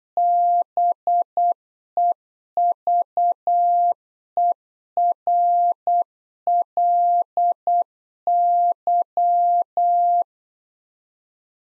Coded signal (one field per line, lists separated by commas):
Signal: Morse code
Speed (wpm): 8 wpm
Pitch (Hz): 700 Hz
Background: none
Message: BEVERLY